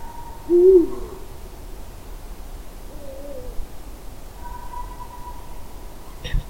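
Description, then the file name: Eurasian eagle-owl alarm call: a short, harsh low note near the start, then a few quieter calls. "Uhu Alarm"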